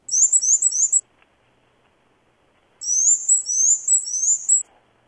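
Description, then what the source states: Black-and-white Warbler song, high thin squeaky two-note phrases repeated rapidly, a short burst followed after a pause by a longer run of the same see-saw notes. Played at regular speed; similar to and often confused with Bay-breasted Warbler.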